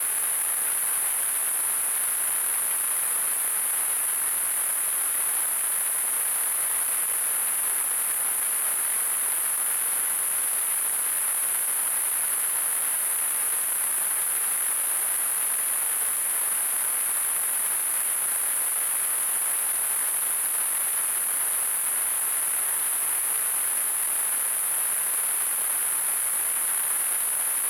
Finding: Tinnitus.